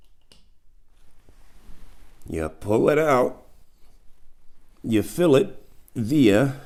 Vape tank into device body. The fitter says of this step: you hear click you